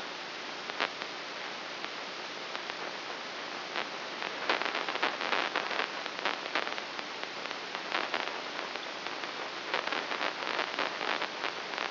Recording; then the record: brain microelectrode recording played as sound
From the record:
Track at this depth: inside the subthalamic nucleus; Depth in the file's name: 1.804 mm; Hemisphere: right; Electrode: 3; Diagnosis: Parkinson's disease